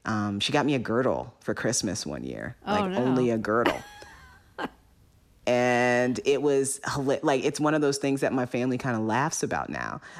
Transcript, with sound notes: She got me a girdle for Christmas one year, only a girdle.
Oh, no (laughter).
And it was - like. It's one of those things that my family kind of laughs about now.